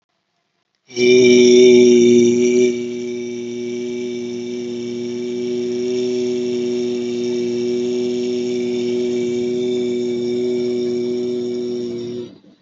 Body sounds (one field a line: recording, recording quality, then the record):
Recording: sustained vowel as in beet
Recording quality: excellent, no background noise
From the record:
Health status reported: healthy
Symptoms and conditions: none ticked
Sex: male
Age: 43 years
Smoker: not ticked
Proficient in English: yes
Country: India